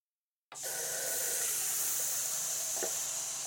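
After a short silence, a shower bursts on and runs in a steady, loud hiss of spraying water that continues evenly to the end, with no voices.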